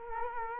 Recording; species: mosquito wingbeat signal from an infrared sensor; Culex quinquefasciatus